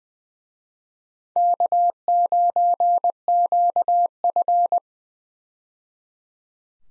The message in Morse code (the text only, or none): K9QF